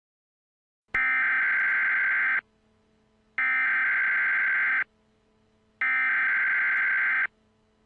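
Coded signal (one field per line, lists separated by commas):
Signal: Emergency Alert System (SAME) tones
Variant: header bursts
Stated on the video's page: Fictional EAS scenario.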